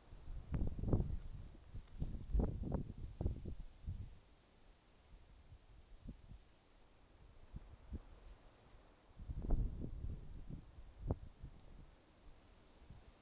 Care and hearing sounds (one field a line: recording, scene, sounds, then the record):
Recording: everyday scene through a hearing-aid microphone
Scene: wind on the microphone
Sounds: wind, traffic, birds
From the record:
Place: suburban garden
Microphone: in the ear canal, right